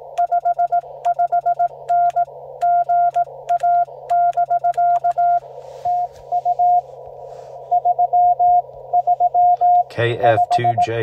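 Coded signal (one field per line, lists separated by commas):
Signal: Morse code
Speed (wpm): 18 wpm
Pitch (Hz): 710 Hz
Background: speech, radio noise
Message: 55N GA <BK> TU 335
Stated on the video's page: QRP CW Parks on the Air activation using a Yaesu FT-891 at 5 watts, ATAS-120A antenna on a Jeep, keyed with 3D printed paddles.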